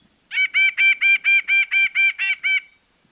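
Nuthatch giving a quick, even series of about ten nasal quank notes against a quiet background.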